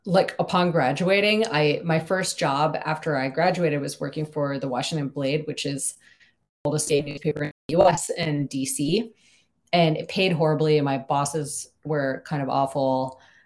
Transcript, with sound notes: like, upon graduating, my first job after I graduated was working for the Washington Blade which is the oldest [audio distortion] gay newspaper in the US and DC, and it paid horribly, and my bosses were kind of awful.